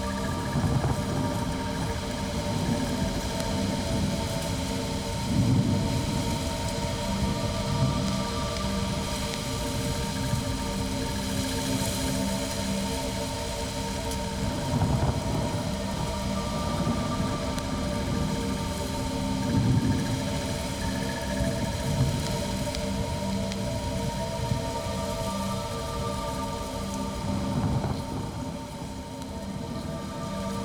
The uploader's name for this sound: Windstorm on Distant Planet